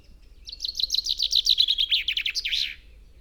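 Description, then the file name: Common chaffinch song, a rattling series of bright notes dropping in pitch, then a short emphatic ending flourish. "Fringilla coelebs"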